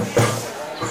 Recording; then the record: coughing mixed with background sound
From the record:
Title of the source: Cough Around the Clock!